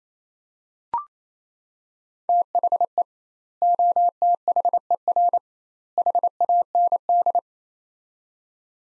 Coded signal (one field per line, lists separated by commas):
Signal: Morse code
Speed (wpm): 28 wpm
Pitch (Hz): 700 Hz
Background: none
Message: THE OTHER HAND